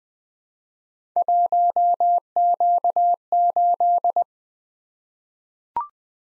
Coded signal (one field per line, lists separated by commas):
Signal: Morse code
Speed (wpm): 20 wpm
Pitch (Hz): 700 Hz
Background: none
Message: 1Q8